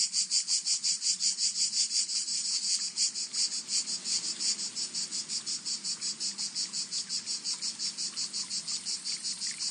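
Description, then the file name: Cicada singing in a continuous shrill buzz, rhythmically throbbing, slightly louder at the start and then steady. "Son cigale"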